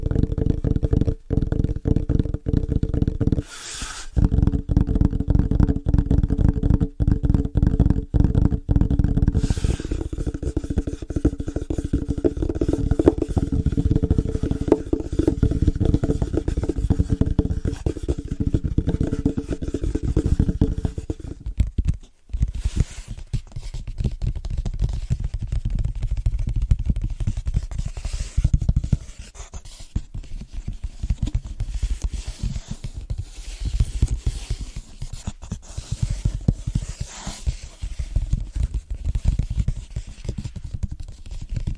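Fast, rhythmic tapping on different surfaces, a dense run of quick strikes that stays mostly low and thumpy. Around 4 and 10 seconds there are brighter sharp hits, and after a brief pause near 22 seconds the tapping continues lighter and more scattered.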